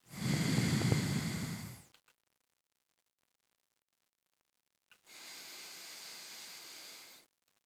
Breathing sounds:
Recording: nose breathing near a microphone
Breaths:
0.00-1.91 s: exhalation
4.91-7.51 s: inhalation
From the record:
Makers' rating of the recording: medium

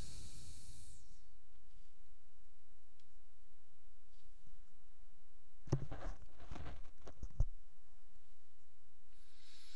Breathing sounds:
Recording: nose breathing near a microphone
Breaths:
0.00-1.32 s: exhalation
9.12-9.75 s: inhalation
From the record:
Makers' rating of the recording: medium

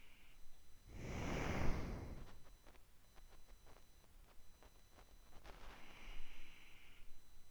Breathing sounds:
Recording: nose breathing near a microphone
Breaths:
0.00-0.84 s: inhalation
0.84-2.54 s: exhalation
5.44-7.51 s: inhalation
From the record:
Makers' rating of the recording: medium

